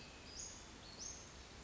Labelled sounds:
Western Flycatcher
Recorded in Sonoma County, California

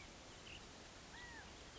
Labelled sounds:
California Quail
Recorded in Sonoma County, California

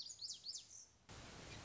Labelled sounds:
Lazuli Bunting
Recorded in Sonoma County, California

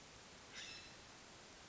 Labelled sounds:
California Scrub-Jay
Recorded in Sonoma County, California

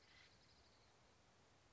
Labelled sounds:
Acorn Woodpecker
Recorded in Sonoma County, California

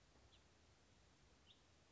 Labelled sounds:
House Finch
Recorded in Sonoma County, California

